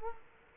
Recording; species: mosquito wingbeat signal from an infrared sensor; Culex quinquefasciatus